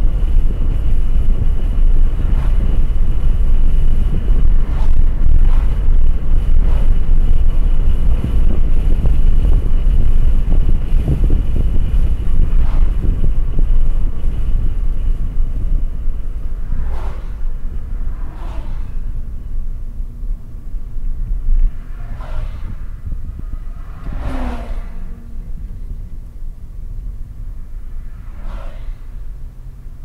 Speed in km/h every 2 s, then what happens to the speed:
72, 74, 74, 76, 76, 74, 73, 52, 41, 34, 31, 30, 28, 27, 29.
0-12 steady at about 74. 12-25 brakes to 27.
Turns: none.